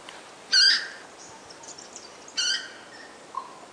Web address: purple moorhen call